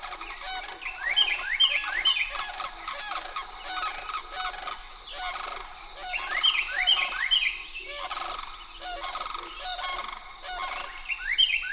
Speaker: This one, captured at Crane Marsh in the Okefenokee National Wildlife Refuge in Georgia, features the song of a Carolina wren and the guttural courtship of a pair of sandhill cranes.